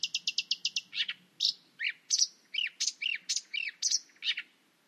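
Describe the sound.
Bird song: a rapid run of short high ticking notes, then a varied series of slurred chirps and sharp whistled notes.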